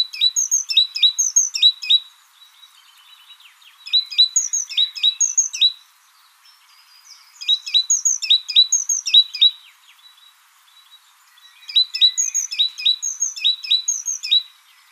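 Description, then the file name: Great tit song in four strophes of clear rhythmic two-note phrases, each a few seconds long, divided by quiet intervals. "Parus major"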